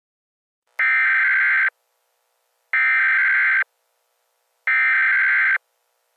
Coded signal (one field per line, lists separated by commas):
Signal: Emergency Alert System (SAME) tones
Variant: header bursts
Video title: EAS Scenario: Fire Tornado Warning